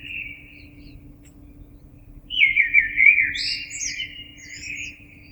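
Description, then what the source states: Common blackbird: a soft fluted phrase from a blackbird, then a louder, richer warble that ends in high, thin twittering squeaks. Recorded on 26 April 2022.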